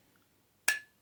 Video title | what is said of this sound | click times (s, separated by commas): Rasasi Hawas Viper(2025 release) unboxing and first impressions! | Oh yes, that's quite uh pleasing. Click to here. | 0.7 s